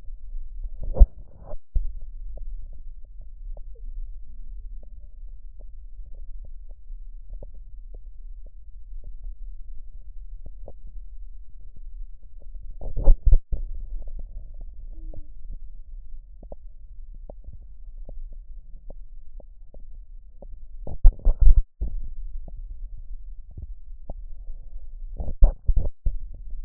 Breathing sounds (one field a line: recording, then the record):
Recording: lung sounds by stethoscope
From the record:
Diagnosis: emphysema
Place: left posterior upper chest